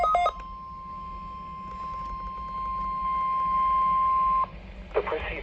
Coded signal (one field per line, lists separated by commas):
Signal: Emergency Alert System (SAME) tones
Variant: 1050 Hz attention tone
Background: speech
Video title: Requierd Weekly Test For Springfield/Fortland MO [EAS #202]